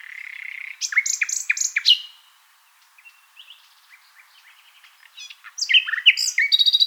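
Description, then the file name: Common nightingale song opening with a buzzy note and a string of loud repeated notes, a quieter stretch of soft clicks, then another burst of fast pulsing notes. "Luscinia megarhynchos"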